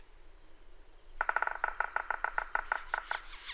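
Bird song: a thin high whistle, then a fast rattling chatter of evenly repeated notes lasting about two seconds.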